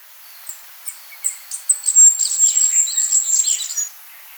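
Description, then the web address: Masked flowerpiercer calls: spaced high chips that quicken into a rapid, tangled twitter, then stop abruptly. Recorded in Ecuador. "Natures Songs S America Birds of Ecuador. Masked Flowerpiercer"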